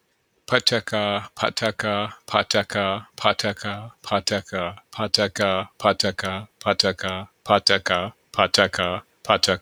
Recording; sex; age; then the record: repeated syllables /pa ta ka/; male; 30 to 39 years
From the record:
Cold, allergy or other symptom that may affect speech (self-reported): no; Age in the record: 34 years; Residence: Maryland, United States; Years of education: 16